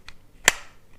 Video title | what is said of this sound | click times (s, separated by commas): Holster retention explained | and as I as I've reholster it you'll hear it click | 0.5 s